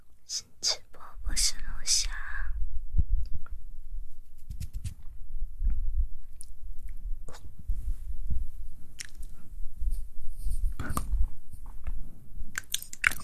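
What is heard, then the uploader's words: Mouth sounds with hand movements: wet clicks, smacks and crunchy chewing-like bursts pop out irregularly, several a second, with a cluster of bright crisp ones in the first two seconds and again near the end. Underneath runs a soft, steady low rumble of handling. ASMR Tingly Mouth Sounds & Hand Movements.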